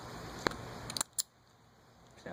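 During reassembly of a Peerless 930-009 lawn mower transaxle, an internal part is pushed over and onto its seat and snaps into place. Sharp clicks ring out at 0.5 s and 1.0 s, followed by another short bright burst at about 1.2 s and a soft rustle near 2.3 s. The part is seated.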